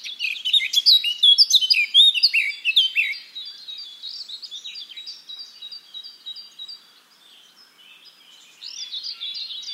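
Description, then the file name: Eurasian blackcap singing, opening with a loud, fast jumble of clear whistled notes, then fading into a quieter, thin chattering warble before a short louder phrase returns. "Sylvia atricapilla"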